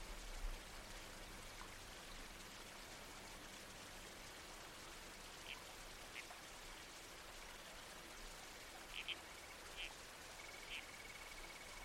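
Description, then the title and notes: Red-crowned toadlet giving a few short, sharp calls, sparse early on and clustered near the end, against a constant hiss of creek water and breeze. Nighttime soundscape in the bush with a babbling creek and trees swaying in the wind, from a nocturnal-wildlife series supported by the Australian Museum. "Red-Crowned Toadlet. Nocturnal Worlds"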